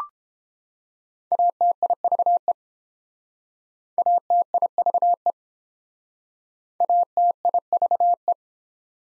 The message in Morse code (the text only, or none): ATIVE ATIVE ATIVE